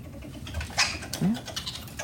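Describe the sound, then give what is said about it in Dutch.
A cornered, somewhat hunted beech marten gives a couple of sharp, scratchy squeals followed by a short rising low cry, amid faint rustling and patter. “het is inderdaad een steenmarter. Wel in het nauw.”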